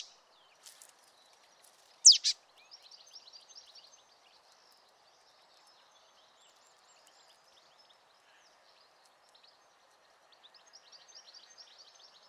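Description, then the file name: Marsh tit calls: two quick, loud notes early on, followed by faint twittering, a quiet stretch, then more soft chirping near the end. "Poecile palustris"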